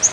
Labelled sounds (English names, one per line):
Yellow-rumped Warbler flight call